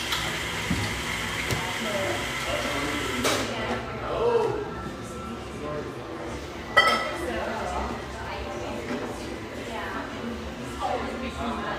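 Steady murmur of many voices fills a warm, firelit café in a busy ski town, with a low rumble underneath. A bright hiss in the first three seconds drops away, and a sharp clink or knock rings out near the seventh second.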